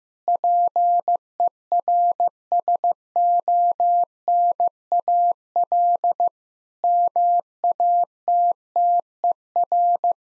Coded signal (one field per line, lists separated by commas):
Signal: Morse code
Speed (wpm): 15 wpm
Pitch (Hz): 700 Hz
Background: none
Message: PERSONAL MATTER